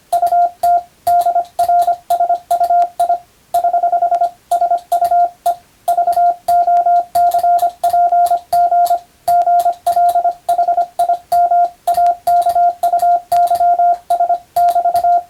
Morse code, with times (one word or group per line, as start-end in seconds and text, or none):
0.1-0.8 UT
1.1-3.2 DRSUI
3.5-4.3 <HH>
4.5-5.5 SUE
5.9-9.0 VOCPG
9.3-11.7 GLHIM
11.9-14.4 AKUYS
14.6-15.2 <BT>